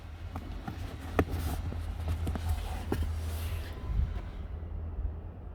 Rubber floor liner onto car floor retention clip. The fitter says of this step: we go locked into place